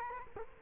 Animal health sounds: mosquito wingbeat signal from an infrared sensor; Culex quinquefasciatus

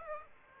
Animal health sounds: mosquito wingbeat signal from an infrared sensor; Aedes aegypti

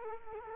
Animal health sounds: mosquito wingbeat signal from an infrared sensor; Culex quinquefasciatus

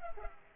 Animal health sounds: mosquito wingbeat signal from an infrared sensor; Culex pipiens

